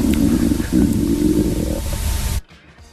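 An adult's rumbling stomach, recorded in a studio and amplified 500 times: low, gurgling bowel sounds (borborygmi) that run for more than two seconds, then fall quiet.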